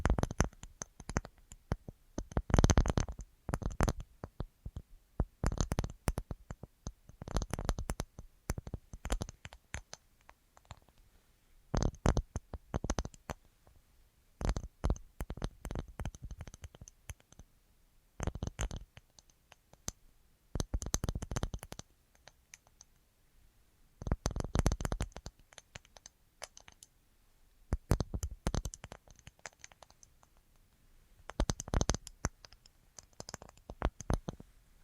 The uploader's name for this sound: Tingliest Tapping Assortment